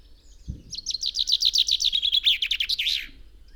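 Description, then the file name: Common chaffinch song, an energetic trill of clear notes stepping down the scale and finishing with a lively terminal flourish. "Fringilla coelebs"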